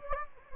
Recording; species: mosquito wingbeat signal from an infrared sensor; Anopheles gambiae